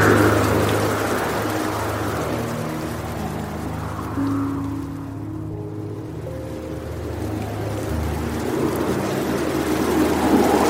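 Soft, low piano notes sustain and overlap beneath a steady rushing of flowing water that fills the whole clip. The water hiss thins briefly around the middle, near five to six seconds, then swells back as a few higher notes ring out.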